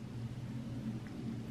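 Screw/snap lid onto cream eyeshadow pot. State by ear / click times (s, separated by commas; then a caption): not seated / none. A screw/snap lid is closed onto a cream eyeshadow pot with a sponge insert that keeps the formula from drying out, with a clear click expected. Only a steady low rumble is heard, with no sudden sounds. The lid has not clicked shut, apparently because the packaging has been changed.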